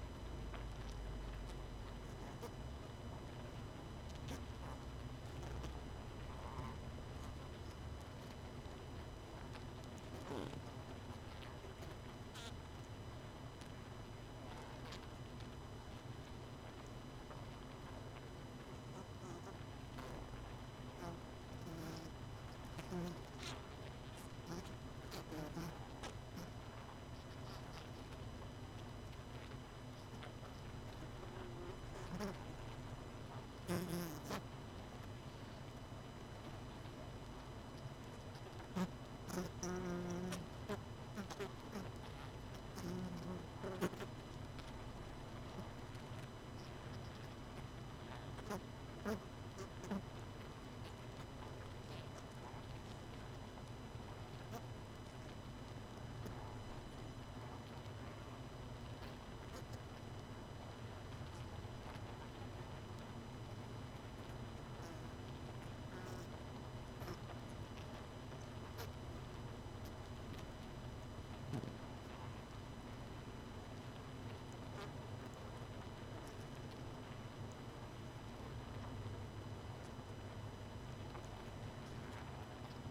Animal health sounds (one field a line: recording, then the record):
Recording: honeybee colony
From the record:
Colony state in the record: missing queen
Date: 31 May 2018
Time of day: 22:45